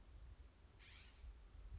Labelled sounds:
California Scrub-Jay (Aphelocoma californica)
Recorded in Sonoma County, California

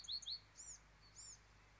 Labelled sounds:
Bewick's Wren (Thryomanes bewickii)
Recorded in Sonoma County, California

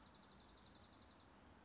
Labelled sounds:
Dark-eyed Junco (Junco hyemalis)
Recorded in Sonoma County, California

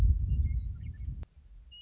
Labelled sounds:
Western Meadowlark (Sturnella neglecta)
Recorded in Sonoma County, California

